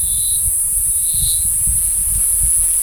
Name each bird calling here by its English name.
none